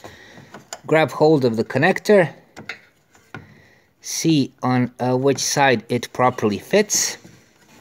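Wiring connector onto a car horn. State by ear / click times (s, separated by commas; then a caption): not seated / none. Someone talks while handling an electrical wiring connector next to a car horn, checking which side it properly fits onto the horn terminal, with a few brief handling ticks between the words. The connector has not been pushed on yet, so nothing has seated or clicked.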